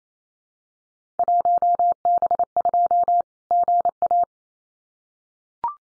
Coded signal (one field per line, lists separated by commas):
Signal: Morse code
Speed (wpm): 28 wpm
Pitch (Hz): 700 Hz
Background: none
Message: 1B2 GA